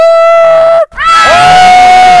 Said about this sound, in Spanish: Ahora yo les pregunto, ¿ustedes creen que ellos gritaron así?